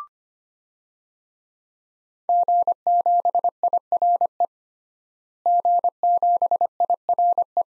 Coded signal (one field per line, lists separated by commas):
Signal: Morse code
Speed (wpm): 25 wpm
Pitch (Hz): 700 Hz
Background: none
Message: G7IRE G7IRE